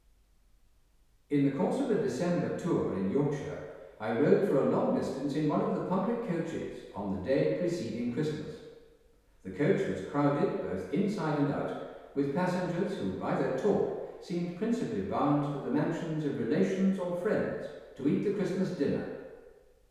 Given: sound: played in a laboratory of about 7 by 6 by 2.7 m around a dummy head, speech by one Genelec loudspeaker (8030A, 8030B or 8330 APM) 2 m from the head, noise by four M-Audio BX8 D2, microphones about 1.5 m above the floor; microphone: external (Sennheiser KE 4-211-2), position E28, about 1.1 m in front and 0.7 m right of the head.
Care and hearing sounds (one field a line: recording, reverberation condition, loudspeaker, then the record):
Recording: male speech in English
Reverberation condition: high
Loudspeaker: 60 degrees to the left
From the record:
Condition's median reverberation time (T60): about 1300 ms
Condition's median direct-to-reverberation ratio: about -4.0 dB